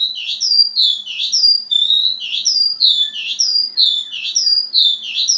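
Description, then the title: Javan bush lark song, a repeated series of sharp, high chirps with downward slurs. "Suara Burung Branjangan"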